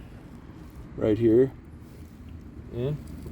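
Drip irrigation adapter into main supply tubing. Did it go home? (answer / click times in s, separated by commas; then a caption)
no / none. A small plastic barbed drip irrigation adapter is handled beside a punched hole in the main supply tubing, ready to be pushed in. Someone talks briefly over a low, steady background rumble. Nothing has seated or clicked yet; the adapter is not yet home in the supply line.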